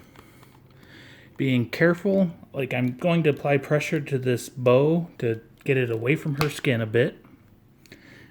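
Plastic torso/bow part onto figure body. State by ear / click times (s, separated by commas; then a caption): seated / 7.9 s. Someone talks while pressing on the plastic bow of a PVC figure's torso piece so it clears the figure's skin, then pushes the torso/bow part onto the figure body. A pair of sharp, quiet clicks at about 7.9 s and 7.9 s mark the piece snapping into place, and it is seated.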